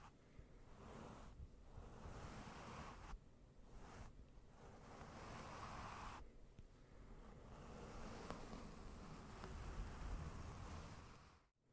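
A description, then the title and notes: Slow, gentle brushing over a microphone makes a soft, airy rushing that swells and eases in long strokes, like surf. Brief gaps and dips break the sound near two, three, four and six seconds, with a deep rumble underneath throughout before it fades abruptly. ASMR NO TALKING slow and gentle mic brushing with the Blue Yeti.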